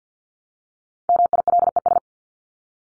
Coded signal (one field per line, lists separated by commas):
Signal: Morse code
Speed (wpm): 50 wpm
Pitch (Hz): 700 Hz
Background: none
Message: MILES